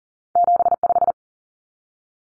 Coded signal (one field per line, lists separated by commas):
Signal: Morse code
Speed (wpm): 40 wpm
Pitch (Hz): 700 Hz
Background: none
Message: 75